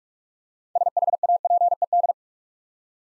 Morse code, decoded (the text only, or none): SHAPED